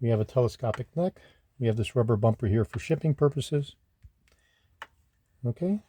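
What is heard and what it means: Someone talks while handling the telescopic lock collar on a restored 1971-1976 Cadillac Eldorado tilt and telescopic steering column, which has a rubber bumper fitted for shipping. After the talking pauses, two brief faint ticks are heard near 4.3 s and 4.8 s, and then the talking resumes. The collar has not yet been given its quarter turn clockwise to lock the column extension, so nothing has clicked or locked yet.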